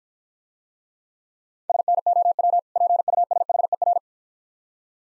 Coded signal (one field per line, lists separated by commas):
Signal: Morse code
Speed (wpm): 49 wpm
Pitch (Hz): 700 Hz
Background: none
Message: SNOW PUSHER